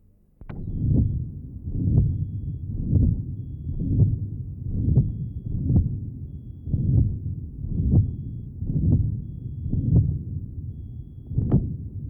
Age 62, with patent ductus arteriosus. Recording taken at pulmonary area. Note the continuous murmur in this area.